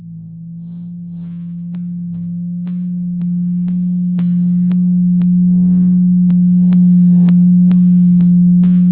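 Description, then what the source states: Blue whale call swelling from quiet to loud, a continuous low tone with steady clicks. Recorded in the Atlantic.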